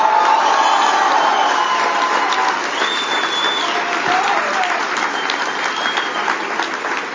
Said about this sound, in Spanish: ¡Aplausos!